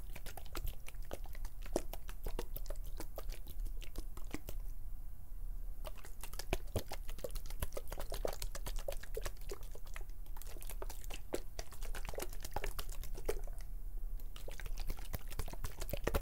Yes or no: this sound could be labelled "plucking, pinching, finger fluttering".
yes